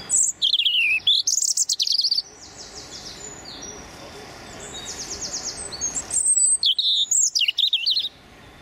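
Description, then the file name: European robin singing: fluid, high warbling phrases with descending slurs and twittery trills, a faint buzzy trill between phrases, then another rich phrase near the end. Male singing his territorial song. "European Robin Erithacus rubecula male singing his territorial song"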